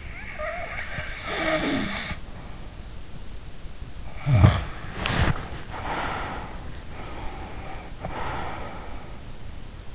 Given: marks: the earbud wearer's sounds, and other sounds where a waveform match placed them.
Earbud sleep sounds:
sounds in sleep by an in-ear microphone; snoring breath, body movement, breath
0.00-2.97 s: snoring breath
4.18-6.85 s: snoring breath
4.89-5.59 s: body movement
6.93-9.44 s: breath

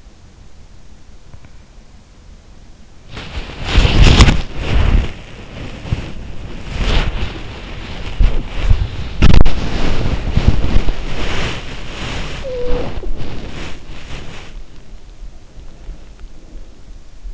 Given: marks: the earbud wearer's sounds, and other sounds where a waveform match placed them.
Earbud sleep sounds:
sounds in sleep by an in-ear microphone; body movement, talking in sleep
2.87-17.34 s: body movement
12.28-13.16 s: talking in sleep

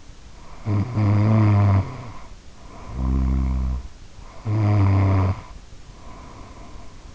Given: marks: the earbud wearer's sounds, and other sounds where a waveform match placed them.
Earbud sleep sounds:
sounds in sleep by an in-ear microphone; snoring breath
0.43-3.83 s: snoring breath
4.47-7.15 s: snoring breath

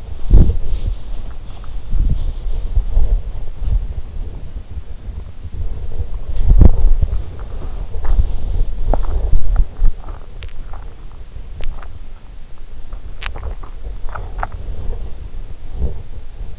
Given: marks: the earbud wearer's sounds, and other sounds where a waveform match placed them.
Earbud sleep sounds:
sounds in sleep by an in-ear microphone; body movement, swallowing, teeth grinding
0.00-9.64 s: body movement
7.35-8.25 s: swallowing
9.51-12.41 s: swallowing
13.15-13.74 s: swallowing
13.93-14.84 s: swallowing
15.72-16.04 s: teeth grinding

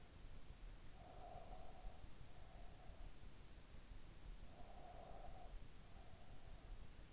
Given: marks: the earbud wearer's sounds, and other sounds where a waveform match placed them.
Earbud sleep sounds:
sounds in sleep by an in-ear microphone; breath
0.83-3.31 s: breath
4.31-7.02 s: breath

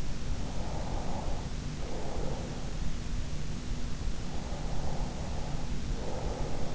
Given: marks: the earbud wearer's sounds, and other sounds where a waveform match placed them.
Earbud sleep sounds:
sounds in sleep by an in-ear microphone; breath
0.51-2.64 s: breath
4.65-6.75 s: breath

